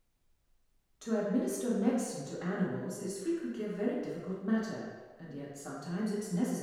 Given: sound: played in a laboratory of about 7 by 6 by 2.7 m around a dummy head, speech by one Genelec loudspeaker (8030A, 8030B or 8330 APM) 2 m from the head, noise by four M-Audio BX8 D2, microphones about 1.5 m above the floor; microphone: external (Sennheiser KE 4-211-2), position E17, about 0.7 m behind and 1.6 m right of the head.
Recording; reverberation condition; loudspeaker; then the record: female speech in English; high; 60 degrees to the right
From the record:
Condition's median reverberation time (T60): about 1300 ms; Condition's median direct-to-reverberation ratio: about -4.0 dB